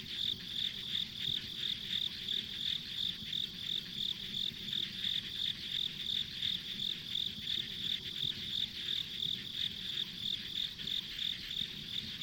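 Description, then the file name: Insects chirping: a regular train of shrill high pulses, about three each second, set against a dense, steady insect chorus. Ambient insect sounds on a country road. "田舎道の虫の環境音"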